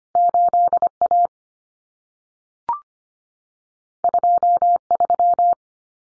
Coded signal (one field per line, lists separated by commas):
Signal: Morse code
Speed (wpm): 25 wpm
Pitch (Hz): 700 Hz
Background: none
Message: 8A 23